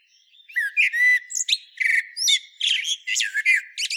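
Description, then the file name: Common blackbird delivering a string of many varied chirpy notes, whistles and high twittering flourishes against a quiet background. "Turdus merula"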